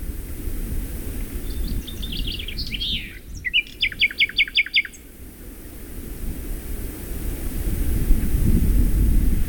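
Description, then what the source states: A bird sings a high phrase of quick chirps, then a series of sharp repeated notes, over constant low wind that swells toward the end. Birds heard in wind and breeze ambience.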